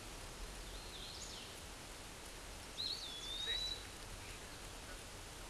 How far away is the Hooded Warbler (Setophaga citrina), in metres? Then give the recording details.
about 45 m. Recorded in a Pennsylvania forest on 17 May 2023 at 12:30. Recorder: AudioMoth, point grid1_13_low. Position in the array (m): 132 m, 86 m